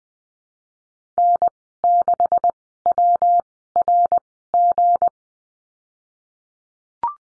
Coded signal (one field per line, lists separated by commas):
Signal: Morse code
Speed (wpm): 20 wpm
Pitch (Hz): 700 Hz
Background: none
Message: N 6 W R G